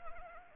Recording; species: mosquito wingbeat signal from an infrared sensor; Anopheles arabiensis